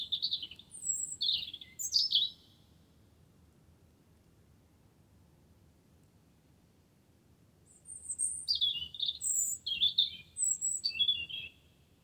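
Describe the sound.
Wren song: a short burst of high twittering notes, a quiet gap of several seconds, then a longer run of rapid, tumbling high phrases.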